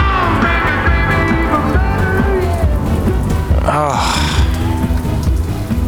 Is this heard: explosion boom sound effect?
no